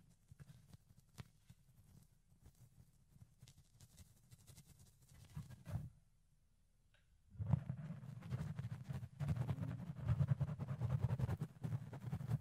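Fluffy ear cleaning sounds: soft, dense rubbing and muffled scratching with low thumps and scattered clicks for the first six seconds. A near-silent gap follows, then from about 7.5 seconds the fuzzy rubbing returns louder and fuller, continuing steadily to the end.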